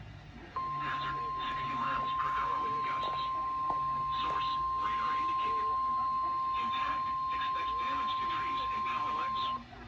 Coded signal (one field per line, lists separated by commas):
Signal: Emergency Alert System (SAME) tones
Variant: 1050 Hz attention tone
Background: speech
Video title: An Unexpected Day...EAS Alerts From March 31, 2021 (EAS #957-969)